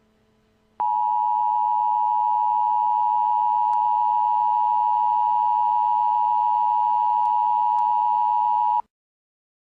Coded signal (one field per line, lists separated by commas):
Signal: Emergency Alert System (SAME) tones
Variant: 853 and 960 Hz attention tone